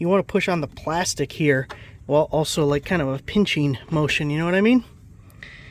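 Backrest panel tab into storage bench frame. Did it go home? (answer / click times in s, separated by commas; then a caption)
yes / 5.4 s. Someone talks while pushing the slatted plastic backrest panel onto the frame of a Keter Solana 70 gallon storage deck box bench, pressing up under the plastic rather than the metal bar with a pinching motion. After the talking stops, a sharp click at 5.4 s marks the side tab snapping into place, seating the backrest.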